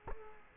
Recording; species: mosquito wingbeat signal from an infrared sensor; Culex quinquefasciatus